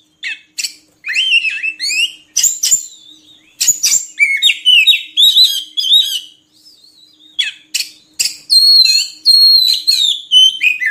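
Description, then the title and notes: Oriental magpie-robin song, varied sweeping whistles and rapid trilled phrases, broken by brief pauses, then resuming with long drawn whistles. Long-duration song used to train kept birds to sing actively, day and night. "Kacer Jadi Gacor Siang Malam. Isian Kacer Durasi Panjang"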